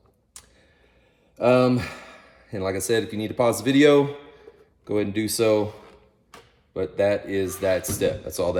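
The pop-up mechanism of a Halloween decoration's dog head is pushed into the grooves of the figure's body socket and turned clockwise. A sharp click at 0.4 s marks the twist-lock head mount snapping into place. Someone then talks.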